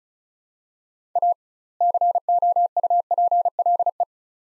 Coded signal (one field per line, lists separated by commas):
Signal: Morse code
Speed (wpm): 36 wpm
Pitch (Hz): 700 Hz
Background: none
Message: A COUPLE